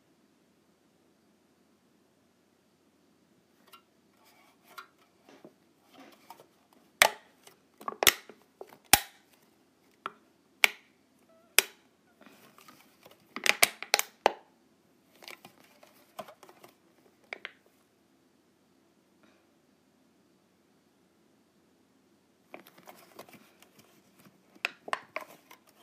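Clips are snapped and clicked shut in sharp, bright taps, scattered irregularly with a dense burst of clicking around the middle and another cluster near the end. Quiet pauses fall between the groups, over a faint, steady low hum.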